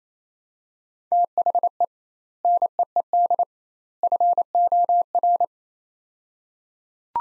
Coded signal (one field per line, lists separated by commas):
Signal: Morse code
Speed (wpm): 27 wpm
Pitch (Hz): 700 Hz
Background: none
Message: THE NEED FOR